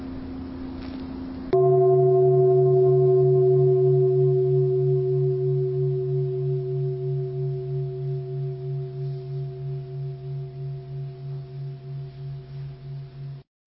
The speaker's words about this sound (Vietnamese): Bây giờ mời vị tri chung thỉnh cho một tiếng chuông và mời các vị cùng lắng nghe.